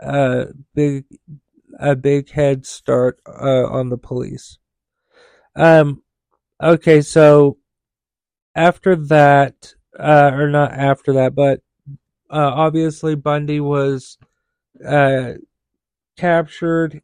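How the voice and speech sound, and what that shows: An adult man reads aloud from a script about Ted Bundy, repeating 'big', stretching vowels and pausing before words. His speech sounds as if he were drunk, which he puts down to tiredness and his stutter: stuttering disfluencies.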